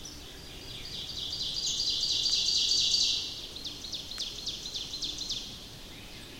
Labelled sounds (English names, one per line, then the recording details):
Ovenbird song
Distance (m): 30 m
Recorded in boreal forest in Alberta, Canada, on 28 May 2016 at 07:17
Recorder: SongMeter 3, array SBT-3-49
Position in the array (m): 16 m, 207 m
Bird 15